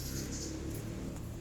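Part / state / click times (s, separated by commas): wiring connector into throttle body socket / not seated / none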